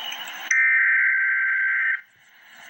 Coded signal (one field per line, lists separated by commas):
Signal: Emergency Alert System (SAME) tones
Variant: header bursts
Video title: EAS Update - Wind Advisory - Mar 15, 2025 at 2:25 PM EDT